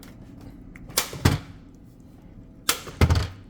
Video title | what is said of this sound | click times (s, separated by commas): I was SO EXCITED about this Food Vacuum Sealer!! | We're gonna click it. | 1.0 s, 2.7 s